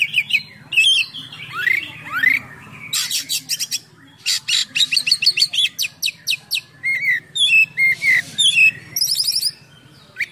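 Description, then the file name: Oriental magpie-robin singing a varied medley: upslurred whistles, harsh buzzy bursts, fast rattles and short piping notes delivered almost without pause. Full gacor singing with a rich full isian of imitated songs. "KACER GACOR FULL ISIAN MEWAH"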